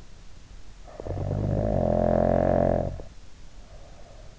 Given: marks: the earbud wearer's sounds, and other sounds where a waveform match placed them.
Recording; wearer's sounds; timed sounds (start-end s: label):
sounds in sleep by an in-ear microphone; snoring breath
0.60-4.37 s: snoring breath